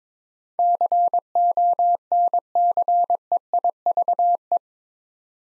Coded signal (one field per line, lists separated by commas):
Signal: Morse code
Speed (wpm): 22 wpm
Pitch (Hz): 700 Hz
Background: none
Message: CONCEIVE